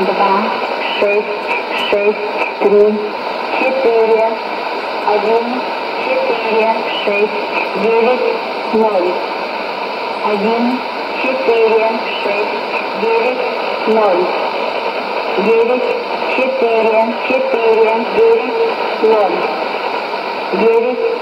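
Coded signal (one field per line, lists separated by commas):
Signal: numbers station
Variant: S06s, Russian female voice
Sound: woman's voice reading short spaced words, likely Russian numbers, through shortwave noise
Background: radio static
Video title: 20 09 2019 S06s Russian Lady numbers station in Russian to Eu 0634 on 12140 unknown tx site USB+AM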